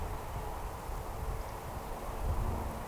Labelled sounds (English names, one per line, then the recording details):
Eurasian Woodcock
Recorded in Baden-Württemberg, Germany, on 13 June 2020 at 19:19 UTC
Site 43791, 788 m above sea level